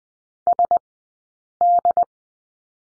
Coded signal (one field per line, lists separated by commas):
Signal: Morse code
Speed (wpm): 20 wpm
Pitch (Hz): 700 Hz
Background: none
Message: SD